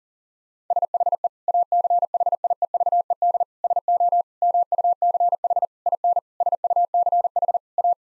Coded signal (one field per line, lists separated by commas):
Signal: Morse code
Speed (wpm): 37 wpm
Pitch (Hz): 700 Hz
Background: none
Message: SHE ACHIEVED SO MUCH IN SUCH A